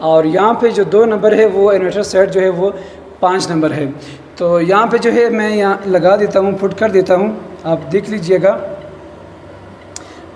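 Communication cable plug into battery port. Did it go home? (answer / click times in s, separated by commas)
yes / 10.0 s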